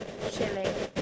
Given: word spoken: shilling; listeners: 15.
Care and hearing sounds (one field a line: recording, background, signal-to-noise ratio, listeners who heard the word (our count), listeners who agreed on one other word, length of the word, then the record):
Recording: one English word in noise, from a listening test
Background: noise modulated by three-talker babble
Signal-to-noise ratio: -3.3 dB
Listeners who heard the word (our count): 0 of 15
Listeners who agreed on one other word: 9 of 15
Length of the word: 0.62 s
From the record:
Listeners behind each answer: 9, 4, 1, 1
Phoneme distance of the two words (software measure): 27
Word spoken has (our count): 2 syllables, 5 phonemes, stress on syllable 1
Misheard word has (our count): 2 syllables, 4 phonemes, stress on syllable 1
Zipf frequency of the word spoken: 3.30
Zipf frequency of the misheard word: 4.04